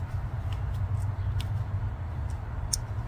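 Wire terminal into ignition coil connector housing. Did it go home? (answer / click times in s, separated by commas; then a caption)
yes / 2.7 s. The last wire terminal is pushed into a new plastic ignition coil connector housing over a steady low hum, with a few faint ticks along the way. It snaps into place with a sharp click at 2.7 s, seating the terminal.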